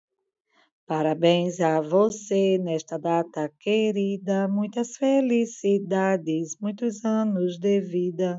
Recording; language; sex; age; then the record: short text; Brazilian Portuguese; female; 50 to 59 years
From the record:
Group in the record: control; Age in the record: 50 years